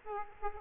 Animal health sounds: mosquito wingbeat signal from an infrared sensor; Aedes aegypti

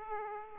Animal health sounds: mosquito wingbeat signal from an infrared sensor; Aedes aegypti

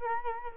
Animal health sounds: mosquito wingbeat signal from an infrared sensor; Culex quinquefasciatus

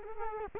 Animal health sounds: mosquito wingbeat signal from an infrared sensor; Culex quinquefasciatus

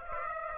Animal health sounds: mosquito wingbeat signal from an infrared sensor; Aedes aegypti

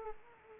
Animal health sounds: mosquito wingbeat signal from an infrared sensor; Anopheles arabiensis

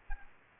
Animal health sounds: mosquito wingbeat signal from an infrared sensor; Aedes aegypti

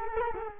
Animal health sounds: mosquito wingbeat signal from an infrared sensor; Culex quinquefasciatus

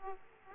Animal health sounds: mosquito wingbeat signal from an infrared sensor; Aedes aegypti

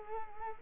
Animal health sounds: mosquito wingbeat signal from an infrared sensor; Culex quinquefasciatus

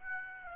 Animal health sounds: mosquito wingbeat signal from an infrared sensor; Aedes aegypti

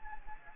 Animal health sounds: mosquito wingbeat signal from an infrared sensor; Anopheles gambiae

